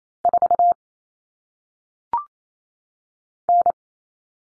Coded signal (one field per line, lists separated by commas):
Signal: Morse code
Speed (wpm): 28 wpm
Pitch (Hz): 700 Hz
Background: none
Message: 4 N